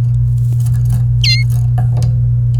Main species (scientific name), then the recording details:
Serinus canaria. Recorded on 28 April 2018 at 08:48. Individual llb3